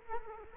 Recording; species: mosquito wingbeat signal from an infrared sensor; Culex quinquefasciatus